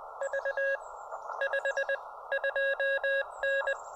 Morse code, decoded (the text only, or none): V 52N